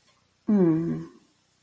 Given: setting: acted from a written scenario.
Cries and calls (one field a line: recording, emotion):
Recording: vocal sound without words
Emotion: sadness